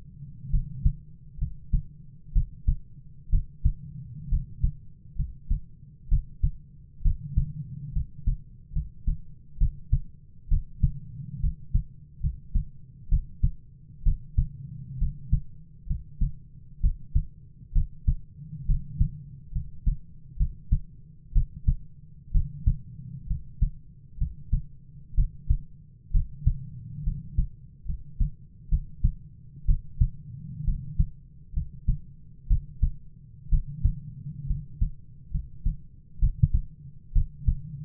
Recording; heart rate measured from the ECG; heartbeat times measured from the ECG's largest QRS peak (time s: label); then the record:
heart sounds by stethoscope; 66 bpm
0.49 s: heartbeat
1.37 s: heartbeat
2.32 s: heartbeat
3.29 s: heartbeat
4.28 s: heartbeat
5.15 s: heartbeat
6.08 s: heartbeat
7.01 s: heartbeat
7.92 s: heartbeat
8.72 s: heartbeat
9.57 s: heartbeat
10.48 s: heartbeat
11.39 s: heartbeat
12.20 s: heartbeat
13.08 s: heartbeat
14.02 s: heartbeat
14.97 s: heartbeat
15.86 s: heartbeat
16.80 s: heartbeat
17.72 s: heartbeat
18.65 s: heartbeat
19.51 s: heartbeat
20.36 s: heartbeat
21.32 s: heartbeat
22.31 s: heartbeat
23.26 s: heartbeat
24.17 s: heartbeat
25.14 s: heartbeat
26.11 s: heartbeat
27.03 s: heartbeat
27.85 s: heartbeat
28.68 s: heartbeat
29.65 s: heartbeat
30.64 s: heartbeat
31.53 s: heartbeat
32.47 s: heartbeat
33.49 s: heartbeat
34.46 s: heartbeat
35.30 s: heartbeat
36.18 s: heartbeat
37.12 s: heartbeat
From the record:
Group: healthy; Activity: cold pressor test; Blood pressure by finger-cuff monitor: 108/58 mmHg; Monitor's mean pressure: 67 mmHg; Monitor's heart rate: 65 bpm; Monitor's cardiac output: 7.2 L/min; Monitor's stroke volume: 110 mL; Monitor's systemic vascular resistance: 670 dyn s/cm5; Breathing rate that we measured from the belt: 16 breaths a minute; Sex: male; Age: 22 years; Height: 185 cm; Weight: 112.4 kg